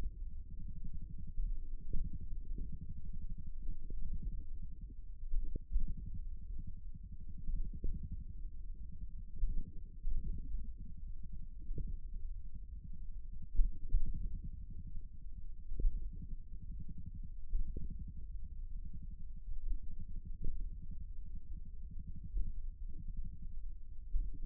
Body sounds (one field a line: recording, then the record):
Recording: forearm muscle sounds (acoustic myography)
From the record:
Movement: hand opening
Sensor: system 1, eight BSWA MPA416 microphones around the upper forearm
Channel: 8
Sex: male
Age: 54 years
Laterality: right